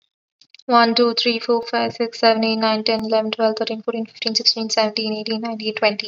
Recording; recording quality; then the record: counting at a fast pace; excellent, no background noise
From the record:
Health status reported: healthy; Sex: female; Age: 23 years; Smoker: no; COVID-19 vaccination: both doses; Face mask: not worn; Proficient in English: yes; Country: India